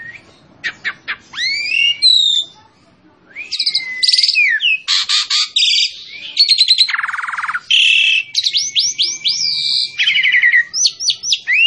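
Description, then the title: Asian pied starling song: a dense jumble of whistles, clicks, buzzy rattles and swooping slurs, nearly continuous after a short pause near the start. Song used as a master for training captive birds. "Masteran Jalak Suren"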